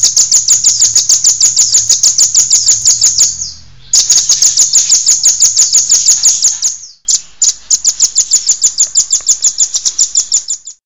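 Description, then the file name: Velvet-fronted nuthatch giving rapid, sharp, high notes in long steady runs, broken by two brief pauses. "rambatan omkicau"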